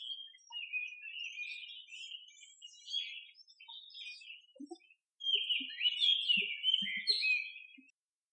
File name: mimic Magpie Robin Call